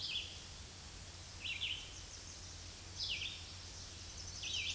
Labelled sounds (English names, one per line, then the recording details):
Red-eyed Vireo song
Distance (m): 15 m
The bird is about 10 m above the microphone
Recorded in a Pennsylvania forest on 16 May 2024 at 07:57
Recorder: AudioMoth, point MSD-2083
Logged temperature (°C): 16.7 °C
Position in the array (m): 149 m, 29 m